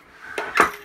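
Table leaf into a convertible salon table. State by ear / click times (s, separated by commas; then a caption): seated / 0.4 s. On a 2017 Beneteau Sense 50, the leaf of the salon's convertible table is opened and twisted until it locks. A metallic clunk at 0.4 s marks the leaf locking into place, followed by a louder, longer clatter peaking around 0.6 s that fades out.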